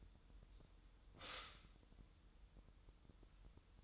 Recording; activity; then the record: daily activity, microphone in the room; stop toaster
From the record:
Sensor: 3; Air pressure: 988.6 hPa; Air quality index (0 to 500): 196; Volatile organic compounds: 311 ppm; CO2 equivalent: 4504 ppm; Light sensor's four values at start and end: 23/72/30/26 and 23/72/30/26